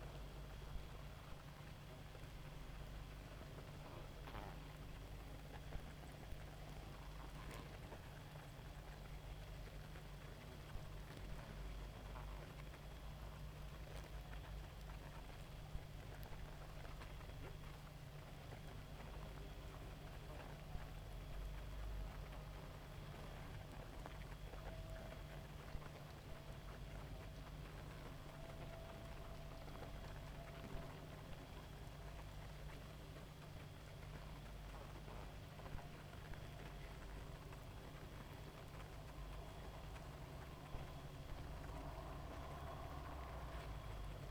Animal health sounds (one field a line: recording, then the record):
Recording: honeybee colony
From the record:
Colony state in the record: active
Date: 28 July 2017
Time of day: 1:58